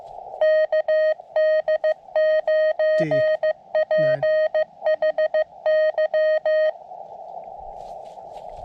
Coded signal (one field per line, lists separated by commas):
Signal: Morse code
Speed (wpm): 19 wpm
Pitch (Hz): 590 Hz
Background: none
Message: KD9PHY